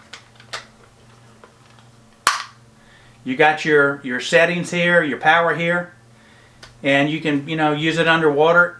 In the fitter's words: and it just locks in place.